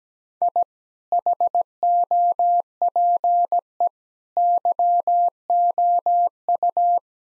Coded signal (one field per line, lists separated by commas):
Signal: Morse code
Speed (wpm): 17 wpm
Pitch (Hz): 700 Hz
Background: none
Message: I HOPE YOU